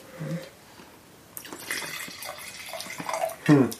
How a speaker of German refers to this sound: Der erste riecht jetzt übrigens nach Himbeer. Oh. Moment, erste, ein bisschen nachgießen.